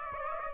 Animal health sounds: mosquito wingbeat signal from an infrared sensor; Aedes aegypti

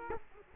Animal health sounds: mosquito wingbeat signal from an infrared sensor; Culex quinquefasciatus

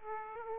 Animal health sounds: mosquito wingbeat signal from an infrared sensor; Aedes aegypti

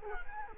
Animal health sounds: mosquito wingbeat signal from an infrared sensor; Culex quinquefasciatus

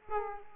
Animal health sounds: mosquito wingbeat signal from an infrared sensor; Aedes aegypti

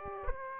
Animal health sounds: mosquito wingbeat signal from an infrared sensor; Aedes aegypti

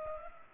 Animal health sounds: mosquito wingbeat signal from an infrared sensor; Culex pipiens

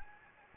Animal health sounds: mosquito wingbeat signal from an infrared sensor; Anopheles gambiae

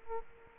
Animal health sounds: mosquito wingbeat signal from an infrared sensor; Culex quinquefasciatus

